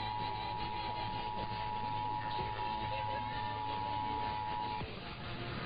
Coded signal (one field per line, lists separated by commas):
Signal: Emergency Alert System (SAME) tones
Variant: 853 and 960 Hz attention tone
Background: speech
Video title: VISUAL FRUSTRATION ENSUES... EAS Tests from August 2025 (EAS #6,206 - 6,251)